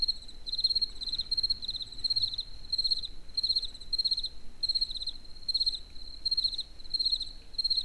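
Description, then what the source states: Cricket producing high, buzzy chirp bursts in a repeated series, with soft low background noise. In nature near the Eger tourist house (Egerturistaház).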